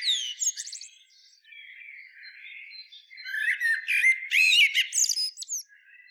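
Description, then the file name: Common blackbird with a run of high chirps, then a low soft warbling passage, building into loud, rapid squeaky twitters and sliding notes. "Turdus merula"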